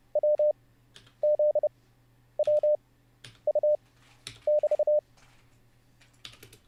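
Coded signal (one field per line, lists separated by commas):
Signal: Morse code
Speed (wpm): 30 wpm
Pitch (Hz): 600 Hz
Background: none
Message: W Z W U <BT>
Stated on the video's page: Live-streamed Morse code learning practice session.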